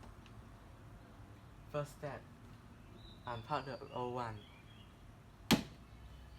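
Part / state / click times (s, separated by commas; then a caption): old rear wiper blade off wiper arm / released / 5.5 s. Someone talks while unclipping the old rear wiper blade from the wiper arm of a Mazda CX-5. A sharp plastic snap is heard at 5.5 seconds as the old blade's clip clicks free and releases from the arm.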